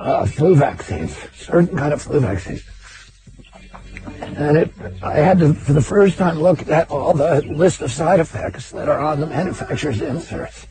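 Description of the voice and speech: An adult man speaks in a strained, creaky, tight voice that is hard to understand, with frequent glottal catches, choppy phrasing and a long mid-sentence pause. This is spasmodic dystonia, a dysphonia that began at age 42, a neurological voice disorder where involuntary spasms of the voice box muscles break up and strain speech.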